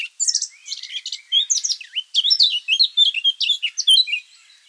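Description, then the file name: Eurasian blackcap song, a hurried stream of chattering notes shifting into clearer whistled phrases before trailing off. "Sylvia atricapilla"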